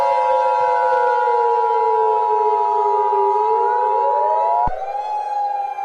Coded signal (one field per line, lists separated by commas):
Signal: Emergency Alert System (SAME) tones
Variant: 853 and 960 Hz attention tone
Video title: EAS Scenario: Pet Semetary